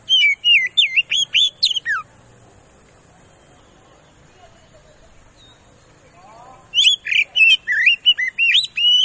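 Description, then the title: Oriental magpie-robin song: a rapid burst of loud, varied whistled and slurred notes for two seconds, a pause with faint low hum, then another fast whistled phrase. Lure song used to provoke a rival magpie-robin into responding and fighting. "KACER NGOTOT FULL TEMBAKAN. Suara Pancingan Kacer Ngeplong Gacor Santai Manggil Lawan"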